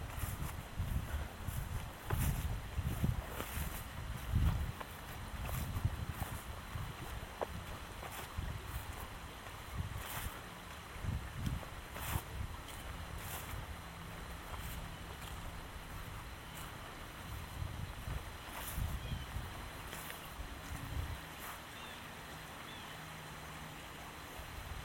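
A walk in Michaux State Forest, with heavy, uneven low rumbling that is strongest in the first half and settles later. Scattered soft knocks and crunches recur throughout, over a steady high hiss. A faint low drone comes and goes after about 12 seconds.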